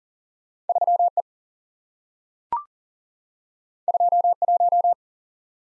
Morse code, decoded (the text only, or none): 3E 21